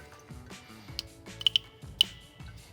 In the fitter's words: carefully threading it on and then listing for a few clicks it locks into place